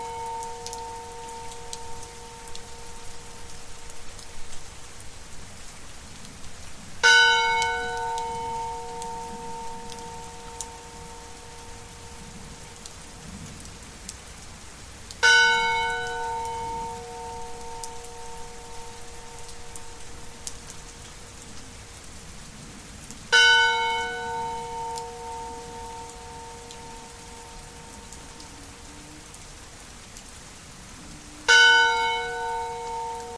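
A bell rings out over steady rain, struck four times at roughly eight-second intervals, each clear tone ringing on and slowly fading before the next. Beneath it, the rain keeps up a soft, even hiss throughout with a low rumble underneath.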